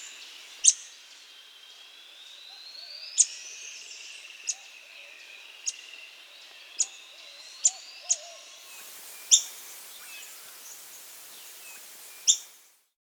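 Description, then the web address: Montane foliage-gleaner giving sharp, very high, abrupt call notes at irregular intervals of under half a second to three seconds, with faint rising whistles and soft hiss behind. Andes, South America. "Natures Songs S America Andean Birds. Montane Foliage-Gleaner (Anabacerthia Striaticollis)"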